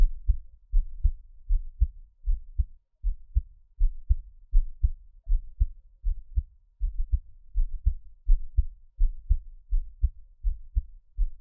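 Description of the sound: A normal adult heartbeat heard close up, low thudding beats at about 80 per minute, with no talking.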